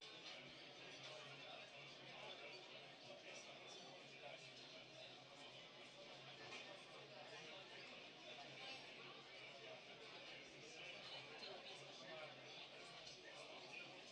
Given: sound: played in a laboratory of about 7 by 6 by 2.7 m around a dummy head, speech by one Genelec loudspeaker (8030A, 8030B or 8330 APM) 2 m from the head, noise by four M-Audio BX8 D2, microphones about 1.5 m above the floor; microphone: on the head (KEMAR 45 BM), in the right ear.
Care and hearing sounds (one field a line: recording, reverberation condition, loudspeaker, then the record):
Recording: cafeteria noise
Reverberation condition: low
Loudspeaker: four, about 170 cm from the corners of the room and facing them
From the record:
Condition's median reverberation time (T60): about 310 ms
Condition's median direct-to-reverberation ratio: about 3.5 dB